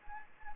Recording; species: mosquito wingbeat signal from an infrared sensor; Anopheles gambiae